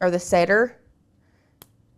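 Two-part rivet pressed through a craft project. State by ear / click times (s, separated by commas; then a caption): seated / 1.6 s. Someone talks, then the front and back halves of a two-part craft rivet pushed through a craft project are pressed together by finger on a hard surface. The rivet snaps together with a short, sharp click at 1.6 s, and it is seated.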